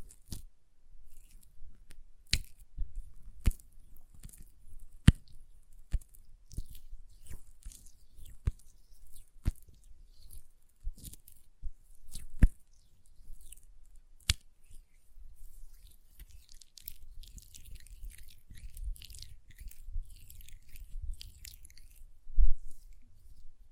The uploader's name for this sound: ASMR Hand Sounds, Nail Tapping and Lotion Sounds